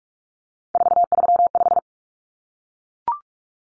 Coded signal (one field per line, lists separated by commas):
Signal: Morse code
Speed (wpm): 44 wpm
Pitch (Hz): 700 Hz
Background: none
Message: 435